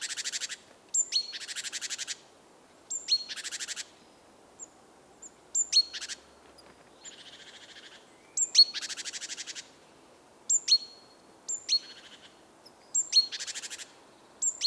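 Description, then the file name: Great tit giving repeated rasping, rattling churrs, each roughly a second long, with crisp high-pitched notes before and between them, over a quiet background. "Parus major"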